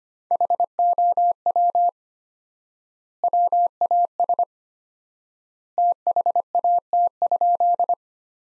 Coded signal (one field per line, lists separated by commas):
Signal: Morse code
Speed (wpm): 25 wpm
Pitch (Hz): 700 Hz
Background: none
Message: HOW WAS THAT?